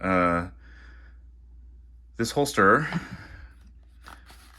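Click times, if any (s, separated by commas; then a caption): 4.1 s. Someone talks, then a compact pistol is pushed into a leather IWB holster, where a plastic retention piece with a rubber bumper grabs the trigger guard. Two quick, faint clicks come at 4.1 s and 4.1 s as the retention locks the trigger guard in place. The pistol is seated firmly in the holster.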